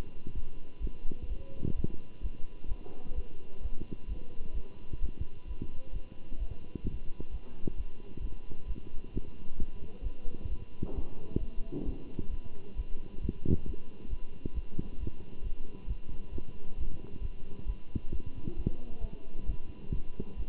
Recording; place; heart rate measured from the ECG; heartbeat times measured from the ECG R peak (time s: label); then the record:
heart sounds by stethoscope; between the tricuspid and mitral areas; 132 bpm
0.34 s: heartbeat
0.80 s: heartbeat
1.28 s: heartbeat
1.75 s: heartbeat
2.21 s: heartbeat
2.67 s: heartbeat
3.14 s: heartbeat
3.61 s: heartbeat
4.07 s: heartbeat
4.53 s: heartbeat
5.00 s: heartbeat
5.46 s: heartbeat
5.92 s: heartbeat
6.38 s: heartbeat
6.84 s: heartbeat
7.30 s: heartbeat
7.76 s: heartbeat
8.20 s: heartbeat
8.66 s: heartbeat
9.12 s: heartbeat
9.58 s: heartbeat
10.02 s: heartbeat
10.48 s: heartbeat
10.94 s: heartbeat
11.39 s: heartbeat
11.85 s: heartbeat
12.30 s: heartbeat
12.75 s: heartbeat
13.21 s: heartbeat
13.65 s: heartbeat
14.09 s: heartbeat
14.54 s: heartbeat
14.99 s: heartbeat
15.42 s: heartbeat
15.87 s: heartbeat
16.31 s: heartbeat
16.77 s: heartbeat
17.21 s: heartbeat
17.66 s: heartbeat
18.11 s: heartbeat
18.56 s: heartbeat
19.00 s: heartbeat
19.45 s: heartbeat
19.91 s: heartbeat
20.36 s: heartbeat
From the record:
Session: Bruce protocol treadmill stress test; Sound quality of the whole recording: good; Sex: male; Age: 23 years